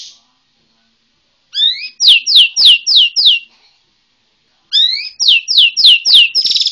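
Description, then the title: White-rumped shama song: two phrases, each opening with rising whistled notes, then a fast run of five or six loud descending whistles, the second phrase ending in a buzzy trill. Bornean white-rumped shama (murai Borneo). "MURAI BORNEO MAS KIKI"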